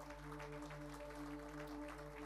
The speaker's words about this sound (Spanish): Aleluya, bendito es nuestro Señor. Den un aplauso fuerte de alabanza.